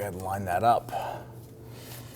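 On a 2008-2011 Ford Focus, the evap vent tube's plastic quick-connect fitting with a green lock tab is being lined up with the last port of the loose fuel filler neck while someone talks. Nothing has seated or clicked yet; the clip ends before the connector goes home.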